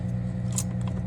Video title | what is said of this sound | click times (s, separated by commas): Explained 5" Supply Hydrant Connection Drill | push in and lift up, back it off until it clicks, | 0.6 s